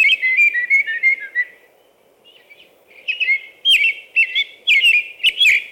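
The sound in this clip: American robin song with a run of caroling whistled phrases, a short gap, then more bright up-and-down notes, with a low background hum throughout.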